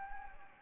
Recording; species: mosquito wingbeat signal from an infrared sensor; Anopheles gambiae